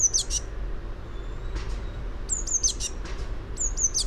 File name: Cyanistes caeruleus